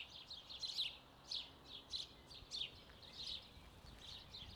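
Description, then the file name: House sparrow chirps, short and bright, repeated irregularly over a noticeable steady background hiss. "Passer domesticus"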